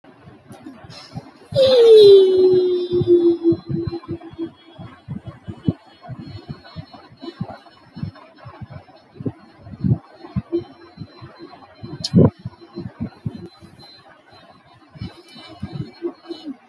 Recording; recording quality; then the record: sustained vowel as in beet; moderate, slight background noise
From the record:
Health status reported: healthy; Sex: male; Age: 20 years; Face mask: not worn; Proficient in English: yes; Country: India